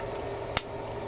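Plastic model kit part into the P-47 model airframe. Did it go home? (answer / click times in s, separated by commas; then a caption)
yes / 0.6 s. A plastic part is pressed into a 1/32 scale plastic P-47 aircraft model. A single sharp snap is heard at 0.6 s over a steady low background hum. The part seats with a satisfying click.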